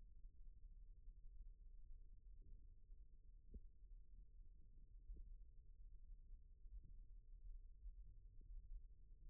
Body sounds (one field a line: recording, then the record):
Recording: forearm muscle sounds (acoustic myography)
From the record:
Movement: rest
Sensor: system 1, eight BSWA MPA416 microphones around the upper forearm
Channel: 6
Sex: male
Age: 41 years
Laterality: right